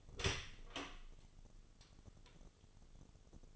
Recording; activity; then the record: daily activity, microphone in the room; open door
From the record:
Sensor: 4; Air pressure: 996.9 hPa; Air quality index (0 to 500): 51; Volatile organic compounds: 1 ppm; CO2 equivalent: 850 ppm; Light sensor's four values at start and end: 19/45/18/19 and 19/44/18/18